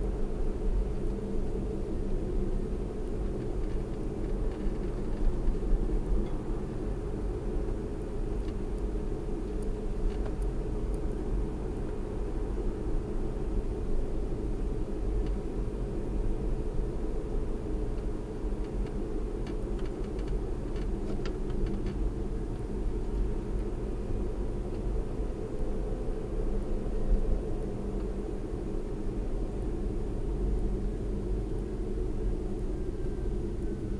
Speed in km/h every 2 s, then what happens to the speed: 50, 47, 47, 48, 47, 47, 47, 47, 47, 45, 44, 45, 48, 48, 47, 44, 42.
0-27 steady at about 47. 27-34 slows to 42.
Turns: none.